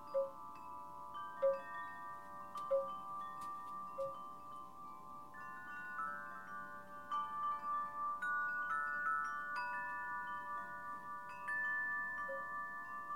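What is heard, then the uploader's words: Wind chimes ring steadily, their bright tones overlapping into long sustained notes that hang and layer over one another. Soft repeated taps sound low in the mix about every second and a half early on, while a faint rustling hum of wind stays underneath throughout. A Mesmerizing Wind Chime Collection. From delicate glass chimes to rustic metal ones, each produces its own enchanting melody as the wind orchestrates a beautiful symphony.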